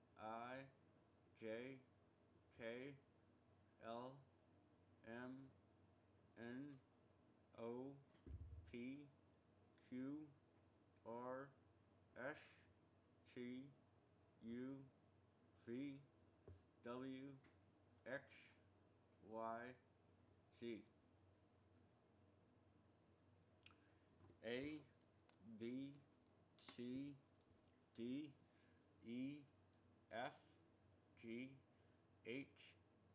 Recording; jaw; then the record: letters of the alphabet, spoken; constrained by a bite bar between the teeth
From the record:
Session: first day, right after the free take